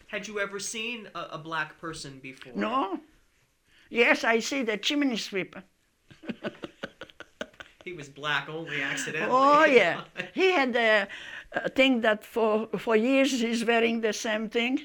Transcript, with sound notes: Had you ever seen a black person before?
No. Yes, I see the chimney sweeper. (laughing, merrily)
He was black only accidentally.
Oh, yeah! He had the thing that for years he's wearing the same thing.